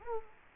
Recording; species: mosquito wingbeat signal from an infrared sensor; Anopheles gambiae